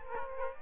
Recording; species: mosquito wingbeat signal from an infrared sensor; Aedes aegypti